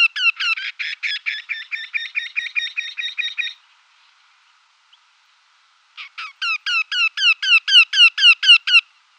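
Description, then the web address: Eurasian wryneck display call: a fast series of nasal, slightly falling 'quee' notes for three and a half seconds, a pause, then a second series that swells in loudness. "Schulze Peter Eurasian Wryneck display"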